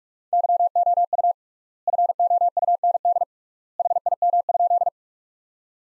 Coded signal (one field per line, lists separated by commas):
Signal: Morse code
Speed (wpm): 46 wpm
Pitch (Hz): 700 Hz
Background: none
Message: YOU FOUND HIM?